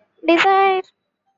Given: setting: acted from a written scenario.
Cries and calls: vocal sound without words; desire

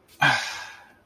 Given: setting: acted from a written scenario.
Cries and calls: vocal sound without words; shame

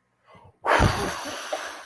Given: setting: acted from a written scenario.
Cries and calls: vocal sound without words; anger

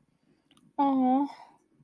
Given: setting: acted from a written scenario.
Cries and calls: vocal sound without words; romantic love

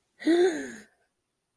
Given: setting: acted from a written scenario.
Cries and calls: vocal sound without words; awe

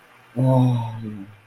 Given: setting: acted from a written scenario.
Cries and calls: vocal sound without words; serenity

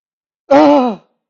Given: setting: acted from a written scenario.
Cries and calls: vocal sound without words; fear

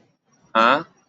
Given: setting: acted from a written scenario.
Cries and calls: vocal sound without words; confusion

